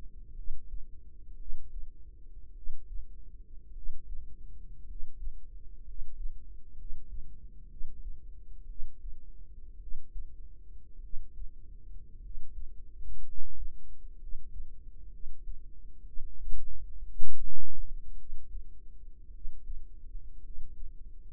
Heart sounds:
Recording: heart sounds by microphone in the right ear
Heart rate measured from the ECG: 57 bpm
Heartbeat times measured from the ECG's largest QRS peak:
0.33 s: heartbeat
1.36 s: heartbeat
2.52 s: heartbeat
3.71 s: heartbeat
4.84 s: heartbeat
5.82 s: heartbeat
6.74 s: heartbeat
7.66 s: heartbeat
8.65 s: heartbeat
9.77 s: heartbeat
10.99 s: heartbeat
12.19 s: heartbeat
13.22 s: heartbeat
14.16 s: heartbeat
15.08 s: heartbeat
16.02 s: heartbeat
17.01 s: heartbeat
18.14 s: heartbeat
19.30 s: heartbeat
20.39 s: heartbeat
From the record:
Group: healthy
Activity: cold pressor test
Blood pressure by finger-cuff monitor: 114/63 mmHg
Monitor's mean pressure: 77 mmHg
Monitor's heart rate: 60 bpm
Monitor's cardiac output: 5 L/min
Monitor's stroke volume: 83 mL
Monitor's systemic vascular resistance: 1130 dyn s/cm5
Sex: male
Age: 25 years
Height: 170 cm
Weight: 70.4 kg

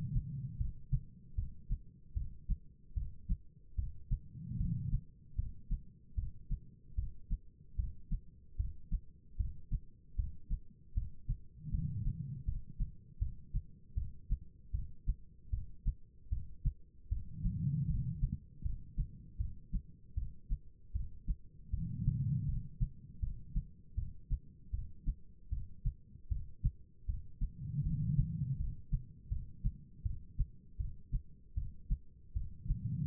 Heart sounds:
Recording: heart sounds by stethoscope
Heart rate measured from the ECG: 77 bpm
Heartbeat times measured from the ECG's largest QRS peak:
0.58 s: heartbeat
1.35 s: heartbeat
2.14 s: heartbeat
2.94 s: heartbeat
3.76 s: heartbeat
4.57 s: heartbeat
5.36 s: heartbeat
6.15 s: heartbeat
6.95 s: heartbeat
7.76 s: heartbeat
8.57 s: heartbeat
9.37 s: heartbeat
10.16 s: heartbeat
10.94 s: heartbeat
11.71 s: heartbeat
12.45 s: heartbeat
13.19 s: heartbeat
13.95 s: heartbeat
14.72 s: heartbeat
15.50 s: heartbeat
16.29 s: heartbeat
17.09 s: heartbeat
17.87 s: heartbeat
18.63 s: heartbeat
19.38 s: heartbeat
20.15 s: heartbeat
20.93 s: heartbeat
21.71 s: heartbeat
22.46 s: heartbeat
23.20 s: heartbeat
23.95 s: heartbeat
24.71 s: heartbeat
25.50 s: heartbeat
26.29 s: heartbeat
27.06 s: heartbeat
27.83 s: heartbeat
28.57 s: heartbeat
29.29 s: heartbeat
30.03 s: heartbeat
30.78 s: heartbeat
31.55 s: heartbeat
32.34 s: heartbeat
From the record:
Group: healthy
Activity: rest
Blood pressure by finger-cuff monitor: 163/109 mmHg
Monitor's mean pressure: 128 mmHg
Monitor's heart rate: 77 bpm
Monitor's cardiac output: 4.7 L/min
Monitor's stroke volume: 62 mL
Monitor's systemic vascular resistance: 2040 dyn s/cm5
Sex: female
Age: 51 years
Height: 162 cm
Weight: 70.04 kg

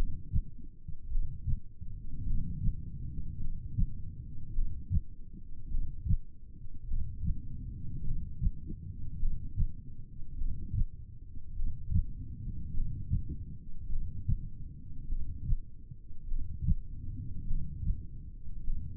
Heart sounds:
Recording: heart sounds by stethoscope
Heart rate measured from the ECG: 51 bpm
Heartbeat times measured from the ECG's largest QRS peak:
1.12 s: heartbeat
2.28 s: heartbeat
3.42 s: heartbeat
4.56 s: heartbeat
5.73 s: heartbeat
6.89 s: heartbeat
8.06 s: heartbeat
9.21 s: heartbeat
10.40 s: heartbeat
11.58 s: heartbeat
12.75 s: heartbeat
13.91 s: heartbeat
15.11 s: heartbeat
16.30 s: heartbeat
17.49 s: heartbeat
18.66 s: heartbeat
From the record:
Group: heart failure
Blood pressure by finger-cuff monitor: 109/59 mmHg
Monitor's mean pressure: 76 mmHg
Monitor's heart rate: 51 bpm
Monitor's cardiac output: 4.5 L/min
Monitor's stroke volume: 88 mL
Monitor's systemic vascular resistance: 1200 dyn s/cm5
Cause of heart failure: cardiac sarcoid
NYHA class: 1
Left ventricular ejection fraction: 39%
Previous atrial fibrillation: present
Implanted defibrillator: present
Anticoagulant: apixaban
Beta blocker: carvedilol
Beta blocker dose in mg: 50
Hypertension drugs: ramipril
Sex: male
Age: 79 years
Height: 184 cm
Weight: 92.5 kg

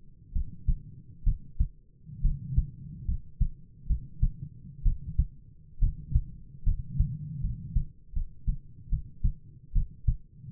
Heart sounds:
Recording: heart sounds by stethoscope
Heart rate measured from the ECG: 70 bpm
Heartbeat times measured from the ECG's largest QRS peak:
0.32 s: heartbeat
1.23 s: heartbeat
2.21 s: heartbeat
3.05 s: heartbeat
3.86 s: heartbeat
4.82 s: heartbeat
5.79 s: heartbeat
6.63 s: heartbeat
7.40 s: heartbeat
8.13 s: heartbeat
8.89 s: heartbeat
9.73 s: heartbeat
From the record:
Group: healthy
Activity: rest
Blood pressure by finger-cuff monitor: 113/72 mmHg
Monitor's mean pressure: 83 mmHg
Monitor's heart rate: 66 bpm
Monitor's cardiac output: 7.2 L/min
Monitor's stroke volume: 107 mL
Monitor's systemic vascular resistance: 840 dyn s/cm5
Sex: male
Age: 22 years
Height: 185 cm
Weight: 112.4 kg

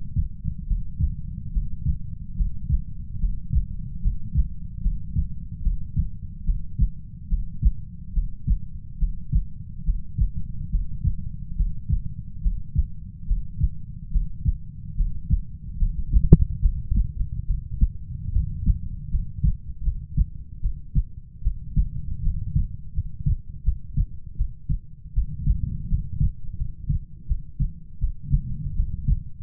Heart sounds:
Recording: heart sounds by stethoscope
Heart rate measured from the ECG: 75 bpm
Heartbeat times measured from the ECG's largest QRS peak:
0.66 s: heartbeat
1.51 s: heartbeat
2.35 s: heartbeat
3.19 s: heartbeat
4.01 s: heartbeat
4.81 s: heartbeat
5.62 s: heartbeat
6.44 s: heartbeat
7.28 s: heartbeat
8.12 s: heartbeat
8.98 s: heartbeat
9.84 s: heartbeat
10.70 s: heartbeat
11.55 s: heartbeat
12.41 s: heartbeat
13.26 s: heartbeat
14.10 s: heartbeat
14.95 s: heartbeat
15.77 s: heartbeat
16.60 s: heartbeat
17.45 s: heartbeat
18.31 s: heartbeat
19.09 s: heartbeat
19.83 s: heartbeat
20.61 s: heartbeat
21.42 s: heartbeat
22.22 s: heartbeat
22.93 s: heartbeat
23.63 s: heartbeat
24.36 s: heartbeat
25.13 s: heartbeat
25.87 s: heartbeat
26.57 s: heartbeat
27.26 s: heartbeat
27.99 s: heartbeat
28.75 s: heartbeat
From the record:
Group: healthy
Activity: breath hold 0-18 s, rest 18-29 s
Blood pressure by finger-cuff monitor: 100/60 mmHg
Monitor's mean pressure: 73 mmHg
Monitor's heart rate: 73 bpm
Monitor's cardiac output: 6.5 L/min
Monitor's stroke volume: 86 mL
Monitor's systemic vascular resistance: 810 dyn s/cm5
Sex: female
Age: 19 years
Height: 163 cm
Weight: 48.9 kg

